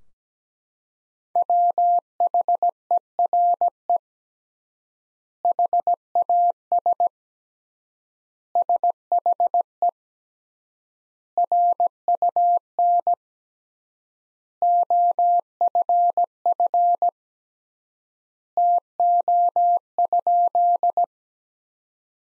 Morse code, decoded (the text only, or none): WHERE HAS SHE RUN OFF TO?